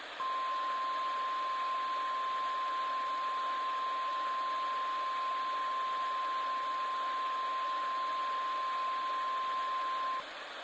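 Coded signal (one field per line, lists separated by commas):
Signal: Emergency Alert System (SAME) tones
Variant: 1050 Hz attention tone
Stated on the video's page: Fictional scenario imagining a real missile alert, not an actual broadcast.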